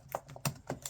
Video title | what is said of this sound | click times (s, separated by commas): Repairing a Junk Laptop to Give Away - HP G62 from 2010! | You'll hear it click into place. And when it does, you just slide the keyboard in. | 0.5 s